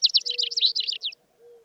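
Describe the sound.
Vesper Sparrow song fragment: a fast, jumbled series of high chirping trill notes lasting about a second, over a faint low steady tone.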